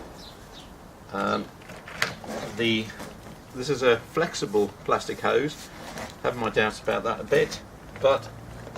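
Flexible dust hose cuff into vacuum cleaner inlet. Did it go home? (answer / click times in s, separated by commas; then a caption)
no / none. Someone talks while handling the plastic cuff of a flexible plastic dust-extraction hose at the hose inlet on the body of a V-Tuf M M-class vacuum cleaner, with brief handling taps and a sharp knock near 2.0 s. The cuff has not been pushed home and nothing has seated or clicked yet.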